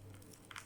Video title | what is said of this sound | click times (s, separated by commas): ALIEXPRESS CHINA HONOR MAGIC V3 📱 FANTASTIC🤙 NEW STYLE CASE HIGH QUALITY SCREEN 📲PULL OUT STAND🧍🏻‍♂️ | Simple. And then the studio will snap into place. | 0.5 s, 0.6 s